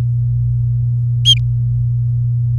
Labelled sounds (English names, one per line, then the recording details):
Domestic Canary song
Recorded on 3 May 2018 at 19:24
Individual llb16